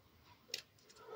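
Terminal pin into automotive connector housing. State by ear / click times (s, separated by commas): seated / 0.5 s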